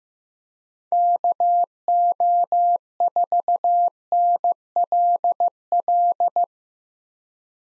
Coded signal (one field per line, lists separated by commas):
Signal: Morse code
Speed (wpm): 15 wpm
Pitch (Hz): 700 Hz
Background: none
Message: KO4NLL